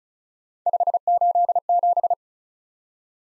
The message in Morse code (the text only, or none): 587